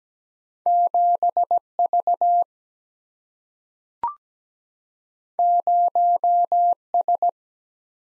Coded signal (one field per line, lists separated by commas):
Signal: Morse code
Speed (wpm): 17 wpm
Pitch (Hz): 700 Hz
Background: none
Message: 7 V 0 S